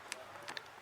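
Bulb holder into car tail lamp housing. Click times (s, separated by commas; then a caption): 0.6 s. A plastic bulb holder is pushed back into a BMW tail lamp housing, replaced because driving without working lamp lights is illegal in the state. Sharp snaps sound at 0.1 s and 0.5 s, and the holder clicks home at 0.6 s. It is seated.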